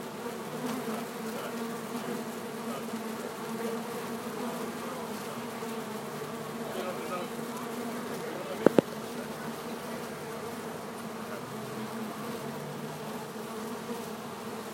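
Bees hum in a constant low buzz, with a sharp double click partway through and otherwise steady droning.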